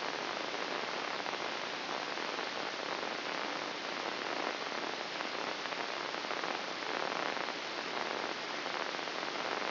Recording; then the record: brain microelectrode recording played as sound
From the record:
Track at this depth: inside the subthalamic nucleus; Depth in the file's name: 4.51 mm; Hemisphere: left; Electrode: 2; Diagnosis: Parkinson's disease